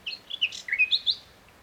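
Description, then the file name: Common nightingale phrase: a short run of liquid whistled and chirping notes lasting about a second. "Luscinia megarhynchos"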